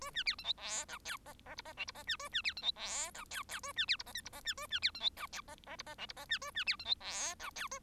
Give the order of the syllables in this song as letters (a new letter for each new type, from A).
A B C D E F G H I I J I K J I B A B C D E F G H H A B C J I L J I B A B C D E G H I I J I K J I B A B C D E F G H A